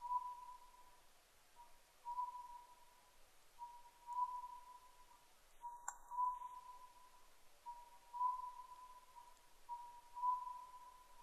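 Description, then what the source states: Oriental scops owl repeating a clear whistled phrase every two seconds, short note then longer note, with one sharp click midway. Recorded 10 May 2010 at 01:03.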